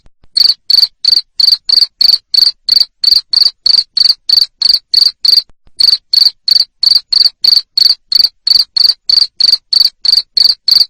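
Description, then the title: Cricket calling with a long series of sharp, shrill chirps, about three each second, interrupted by a single short pause. Loud cricket chirping used to stimulate lovebirds to sing continuously. "Suara JANGKRIK NGERIK Keras Bikin LOVEBIRD Jadi NGEKEK Terus Vubey"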